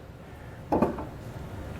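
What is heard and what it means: A Firestone Ride-Rite air helper spring is rotated on its mounting plate on a 2022 Chevrolet Silverado 2500 until its dial drops into the middle positioning hole. A short burst of sound begins around 0.7 s, with a sharp click at 0.8 s. The dial is seated in the hole.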